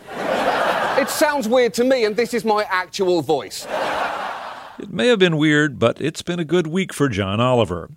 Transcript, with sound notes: It even sounds weird to me - and this is my actual voice.
(LAUGHTER) It may have been weird, but it's been a good week for John Oliver.